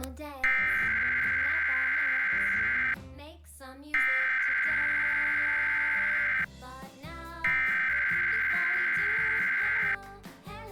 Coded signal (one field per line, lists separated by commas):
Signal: Emergency Alert System (SAME) tones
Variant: header bursts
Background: speech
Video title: PBS Kids Program Break with EAS Test Error (2018 WNPT-DT1)